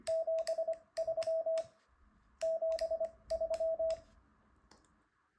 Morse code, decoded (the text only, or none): 73 73